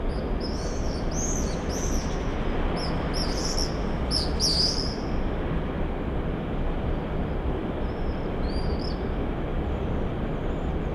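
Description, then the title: Common swift screams, shrill buzzy bursts in quick clusters over the first five seconds, then a brief faint pair later, above a steady low rumble. Summer evening in a backyard in Bytom, Poland; many swifts circling; recorded with Zoom F4 and AT BP4025. "Zygmunta Starego 3, Bytom, Poland - Backyard swifts"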